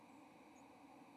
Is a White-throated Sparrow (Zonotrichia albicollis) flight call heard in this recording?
no